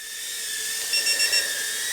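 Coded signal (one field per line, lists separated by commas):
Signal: beep code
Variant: drone transmitter rate beeps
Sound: four short quick high beeps over a steady motor whine and hiss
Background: motor whine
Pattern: 4 short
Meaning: Rate 4 selected, the extreme rate setting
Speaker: let's try a rate four I hear four beeps and that's this is like extreme rate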